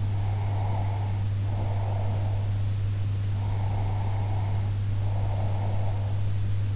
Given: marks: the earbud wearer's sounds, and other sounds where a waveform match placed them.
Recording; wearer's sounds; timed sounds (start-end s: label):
sounds in sleep by an in-ear microphone; breath
0.08-2.54 s: breath
3.37-6.25 s: breath